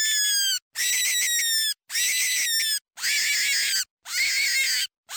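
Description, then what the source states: Bird distress calls: harsh, harmonic screams about a second long, repeated roughly once a second with short silent gaps. A bird giving a distress call.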